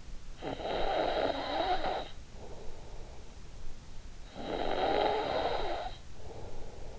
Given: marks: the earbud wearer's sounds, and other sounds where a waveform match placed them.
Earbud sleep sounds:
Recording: sounds in sleep by an in-ear microphone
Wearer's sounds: snoring breath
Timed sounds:
0.02-2.74 s: snoring breath
3.91-6.99 s: snoring breath

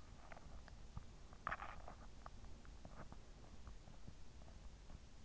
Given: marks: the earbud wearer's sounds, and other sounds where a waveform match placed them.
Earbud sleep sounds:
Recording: sounds in sleep by an in-ear microphone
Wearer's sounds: swallowing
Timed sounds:
0.00-4.61 s: swallowing

